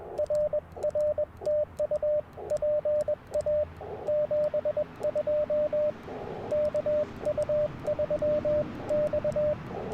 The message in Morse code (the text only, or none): RR TU PA 72 KU3X